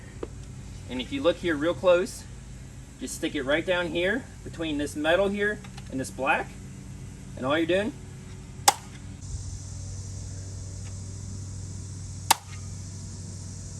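Someone talks while a flathead screwdriver is wedged between the metal frame and the black plastic housing of a Craftsman portable belt sander to pop the belt-tension roller forward. At 8.7 s a sharp, loud snap sounds as the roller pops forward and releases the sanding belt, and another sharp hit follows at 12.3 s.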